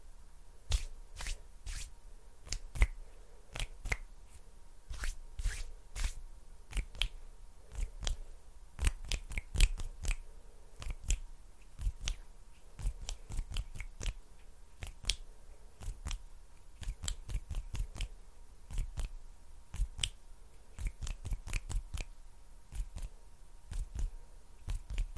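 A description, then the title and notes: Sticky hand sounds and finger snaps crackle fast and irregularly for the whole stretch, sharp clicks crowding together. STICKY HAND SOUNDS AND FINGER SNAPPING, FAST AND UNPREDICTABLE HAND SOUNDS, NO TALKING.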